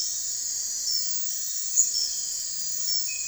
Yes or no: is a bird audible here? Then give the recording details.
no. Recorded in dense forest near Puerto Asís, Putumayo, Colombia, on 21 December 2024 at 02:00. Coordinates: 0.468, -76.322. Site G071